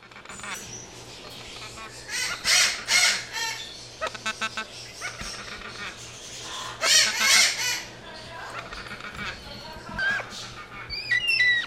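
Bird calls: scattered harsh squawks in clusters with a few thin whistled notes near the end, against a constant low hum.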